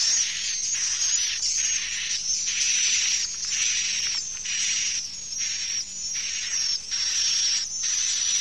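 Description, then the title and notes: Swiftlet calls as bursts of high buzzy chatter separated by brief dips, over a steady high tone. Farmed swiftlets in Asia. "Swiflet Bird Sound. Farming Swiflet Bird asia sound"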